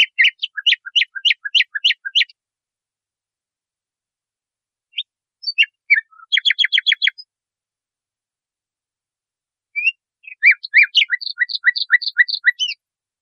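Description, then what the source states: Nightingale delivering three separate bursts of rapid repeated notes, each a couple of seconds long, divided by silent gaps. Masteran recording, made for training caged songbirds.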